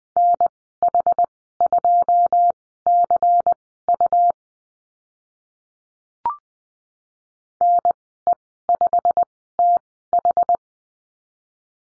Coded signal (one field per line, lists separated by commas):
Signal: Morse code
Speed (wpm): 20 wpm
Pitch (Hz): 700 Hz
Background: none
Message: NH2CU NE5TH